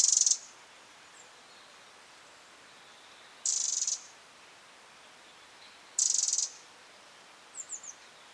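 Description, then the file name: Eurasian wren calling with repeated harsh rattles about every three seconds, followed by a soft trio of descending chips at the end. "Troglodytes troglodytes"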